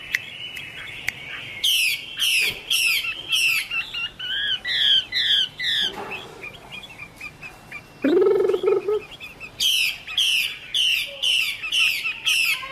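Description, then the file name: Chinese hwamei song of loud repeated descending buzzy phrases, about two a second, in bursts, with a brief lower harsh sound in the middle. Female bird singing. "Tieng chim hoa mi mai hot"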